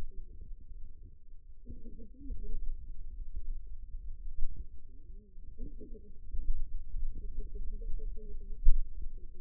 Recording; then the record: forearm muscle sounds (acoustic myography)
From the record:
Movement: finger pinch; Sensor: system 2, bracelet of six BSWA MPA416 microphones around the upper forearm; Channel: 3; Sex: female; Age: 21 years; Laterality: right